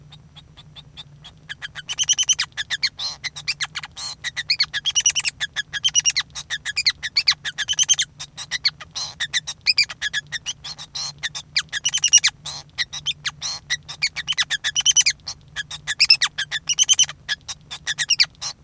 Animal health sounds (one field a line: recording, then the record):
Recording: song of a male Bengalese finch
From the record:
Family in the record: son of father 5